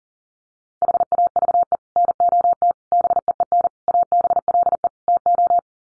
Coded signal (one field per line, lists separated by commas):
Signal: Morse code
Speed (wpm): 40 wpm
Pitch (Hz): 700 Hz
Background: none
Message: HAVE NOT BEEN ABLE TO